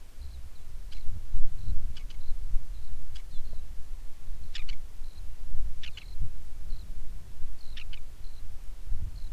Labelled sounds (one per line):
songbird
wind